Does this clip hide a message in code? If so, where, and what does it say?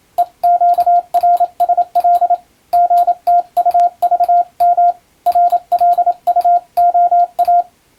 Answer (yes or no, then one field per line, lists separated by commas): yes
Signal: Morse code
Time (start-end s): 0.2-7.6 s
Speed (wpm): 27 wpm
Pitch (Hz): 700 Hz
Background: radio noise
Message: EQRSL GTUVM RLUOA